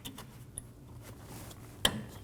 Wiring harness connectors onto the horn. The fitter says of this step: Push until you hear a click.